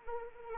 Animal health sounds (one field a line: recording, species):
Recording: mosquito wingbeat signal from an infrared sensor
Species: Anopheles arabiensis